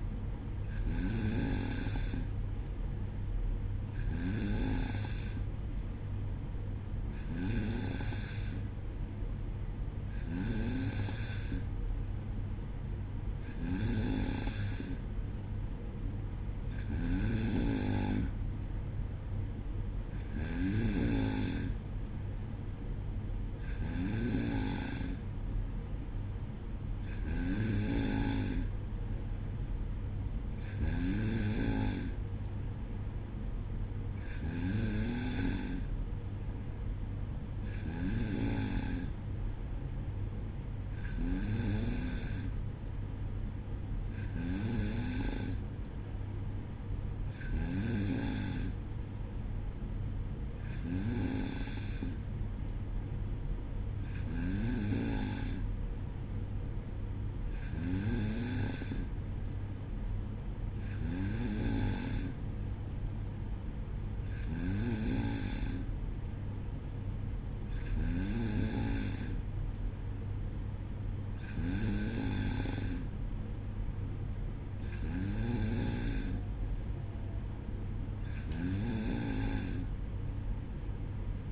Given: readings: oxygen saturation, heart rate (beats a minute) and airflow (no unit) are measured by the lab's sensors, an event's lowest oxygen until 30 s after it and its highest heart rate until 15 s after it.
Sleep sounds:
breathing in sleep by a smartphone at the bedside; none
none scored
From the record:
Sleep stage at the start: N2 (light sleep); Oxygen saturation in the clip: 93 to 94%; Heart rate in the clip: 59 to 62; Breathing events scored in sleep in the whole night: 305 in 9.6 hours asleep

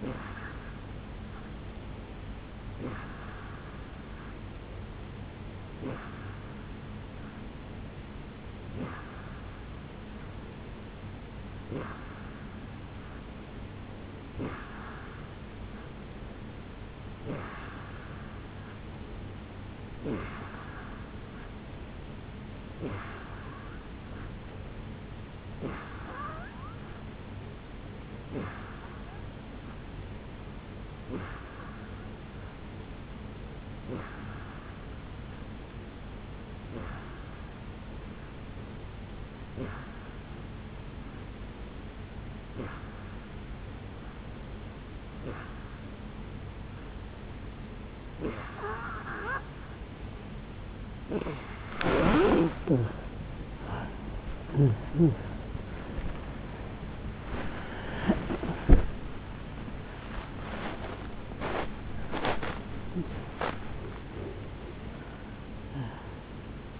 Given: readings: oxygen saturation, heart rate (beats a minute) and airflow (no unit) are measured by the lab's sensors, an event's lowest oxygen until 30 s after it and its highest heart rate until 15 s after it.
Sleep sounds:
breathing in sleep by a voice recorder at the bedside; 1
14.00-44.00 s: new sleep stage, N2 (light sleep)
35.00-56.10 s: hypopnea (N2, oxygen 88% highest, then 85% lowest, heart rate 71 at the start, 81 highest)
44.00-66.80 s: new sleep stage, N1 (lightest sleep)
From the record:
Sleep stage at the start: N3 (deep sleep); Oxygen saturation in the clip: 86 to 88%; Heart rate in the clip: 71 to 81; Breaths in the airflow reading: 24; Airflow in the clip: -11.9 to 10.4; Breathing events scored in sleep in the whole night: 449 in 7.0 hours asleep

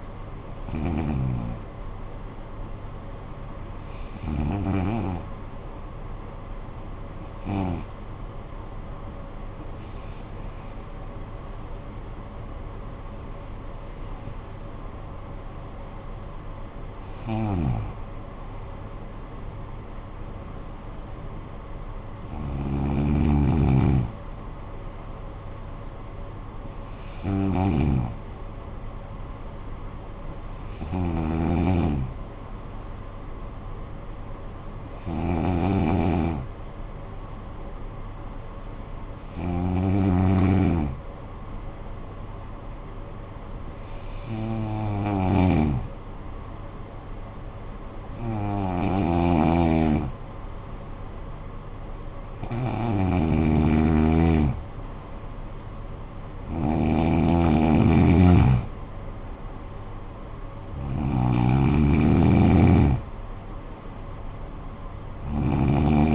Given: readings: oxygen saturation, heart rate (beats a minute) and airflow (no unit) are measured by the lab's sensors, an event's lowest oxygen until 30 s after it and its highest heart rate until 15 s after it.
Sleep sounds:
breathing in sleep by a smartphone at the bedside; 2
6.00-19.70 s: hypopnea (N2, oxygen 93% highest, then 89% lowest, heart rate 58 at the start, 65 highest)
38.00-52.60 s: hypopnea (N2, oxygen 94% highest, then 88% lowest, heart rate 51 at the start, 63 highest)
From the record:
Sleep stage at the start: N2 (light sleep); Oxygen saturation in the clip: 88 to 94%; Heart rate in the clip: 51 to 65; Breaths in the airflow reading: 16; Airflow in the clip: -10.2 to 9.8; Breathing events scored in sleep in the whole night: 445 in 7.6 hours asleep

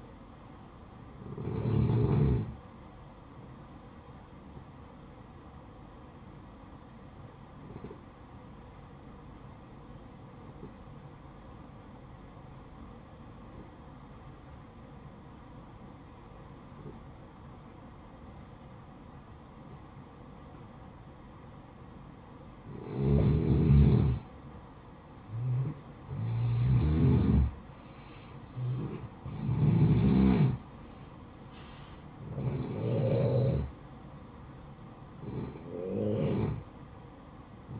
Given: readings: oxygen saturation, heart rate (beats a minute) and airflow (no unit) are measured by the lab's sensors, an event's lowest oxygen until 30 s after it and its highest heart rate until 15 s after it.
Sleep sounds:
breathing in sleep by a smartphone at the bedside; 1
2.00-32.00 s: new sleep stage, N1 (lightest sleep)
8.00-25.10 s: obstructive apnea (N1, oxygen 95% highest, then 89% lowest, heart rate 61 at the start, 67 highest)
32.00-37.79 s: new sleep stage, N2 (light sleep)
From the record:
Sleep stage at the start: N2 (light sleep); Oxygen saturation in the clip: 88 to 95%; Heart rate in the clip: 56 to 67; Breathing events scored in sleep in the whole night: 573 in 9.8 hours asleep

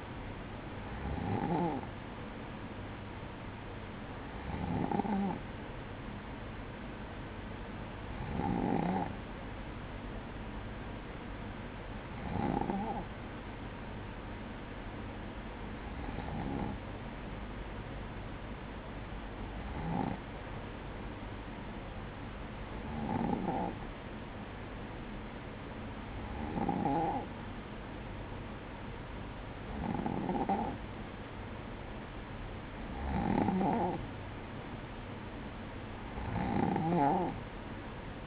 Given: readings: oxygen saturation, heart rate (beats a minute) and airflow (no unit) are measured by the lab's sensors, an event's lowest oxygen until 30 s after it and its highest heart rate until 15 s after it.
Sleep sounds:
breathing in sleep by a voice recorder at the bedside; none
none scored
From the record:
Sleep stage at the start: N2 (light sleep); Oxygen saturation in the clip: 93 to 96%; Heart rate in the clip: 54 to 58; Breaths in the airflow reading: 11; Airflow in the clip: -7.5 to 6.8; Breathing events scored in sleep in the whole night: 180 in 6.7 hours asleep

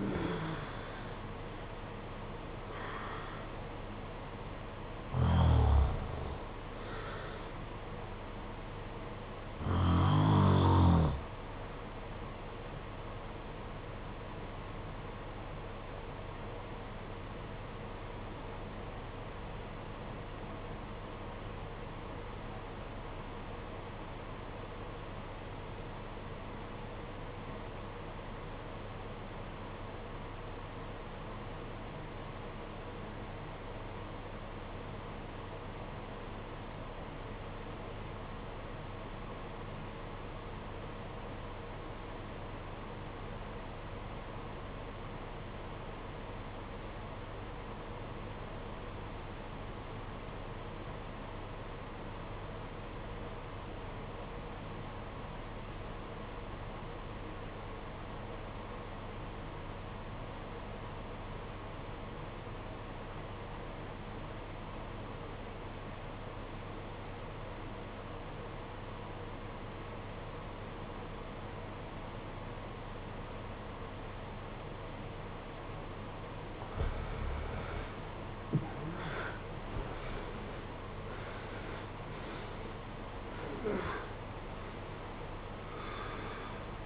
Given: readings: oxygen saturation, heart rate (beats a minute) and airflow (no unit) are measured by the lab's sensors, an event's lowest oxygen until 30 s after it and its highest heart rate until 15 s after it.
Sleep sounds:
breathing in sleep by a voice recorder at the bedside; 1
15.00-77.10 s: obstructive apnea (REM, oxygen 94% highest, then 66% lowest, heart rate 52 at the start, 94 highest)
From the record:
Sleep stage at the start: REM sleep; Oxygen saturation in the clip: 69 to 94%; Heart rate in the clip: 47 to 94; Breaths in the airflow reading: 8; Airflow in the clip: -17.8 to 17.0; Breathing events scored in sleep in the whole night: 476 in 9.7 hours asleep

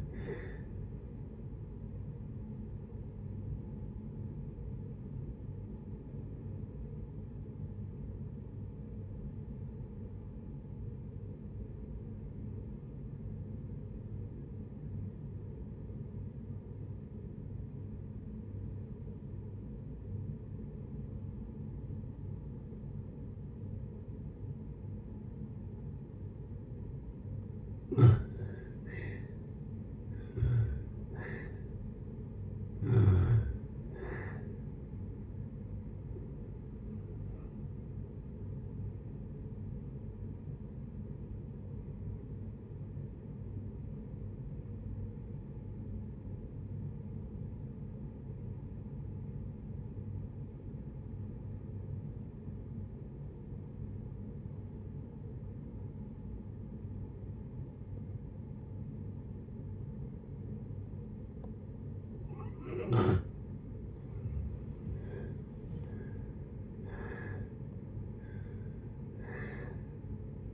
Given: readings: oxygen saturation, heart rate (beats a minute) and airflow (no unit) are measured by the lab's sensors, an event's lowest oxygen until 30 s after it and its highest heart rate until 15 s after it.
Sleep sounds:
breathing in sleep by a smartphone at the bedside; 2
6.00-30.20 s: obstructive apnea (N2, oxygen 96% highest, then 81% lowest, heart rate 64 at the start, 72 highest)
34.00-70.53 s: new sleep stage, N1 (lightest sleep)
46.00-62.00 s: obstructive apnea (N1, oxygen 95% highest, then 79% lowest, heart rate 57 at the start, 75 highest)
From the record:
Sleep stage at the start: N2 (light sleep); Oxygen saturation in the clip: 78 to 96%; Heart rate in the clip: 57 to 75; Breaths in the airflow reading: 11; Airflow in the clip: -8.8 to 14.1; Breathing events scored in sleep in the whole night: 496 in 5.4 hours asleep

